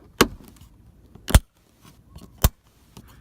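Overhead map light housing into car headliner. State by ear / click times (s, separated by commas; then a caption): seated / 0.2 s, 1.4 s, 2.4 s. Overhead map light housing on a 2014 Veloster Turbo is pushed back up by hand into the car headliner opening after its LEDs are installed. Sharp clicks are heard at 0.2, 1.4 and 2.4 seconds, with faint ticks and rustles between. The housing is seated in the headliner.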